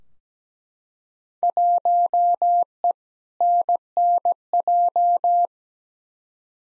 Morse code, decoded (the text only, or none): 1E NNJ